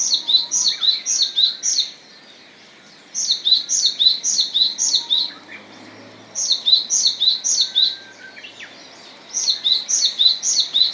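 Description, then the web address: Japanese tit song: rapid two-note phrases repeated in several bursts with pauses between, and faint lower bird notes behind. "izumino saunndo sizyuukara"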